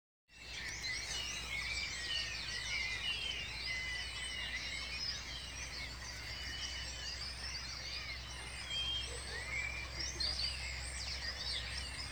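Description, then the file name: Starlings chattering as a flock, a dense overlapping mix of whistles, clicks and wheezy notes without pause, over a steady low hum. "Estorninhos"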